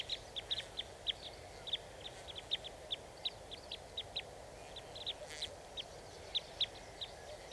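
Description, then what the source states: Red crossbill flight calls: thin, clipped high notes given singly or in pairs about every half second, over a soft steady background hiss. Type E red crossbill; flight calls.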